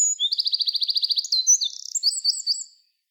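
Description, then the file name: Eurasian wren singing a loud, high, rapid trill of repeated notes, then a quick jumble of sharp twittering phrases and a buzzy trill, ending abruptly. "Troglodytes troglodytes"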